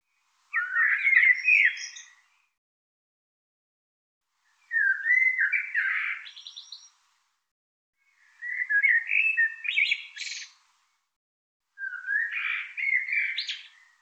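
Bird song in four separate bursts of rapid twittering and slurred whistles ending in buzzy rising notes, roughly every three to four seconds, clean quiet background.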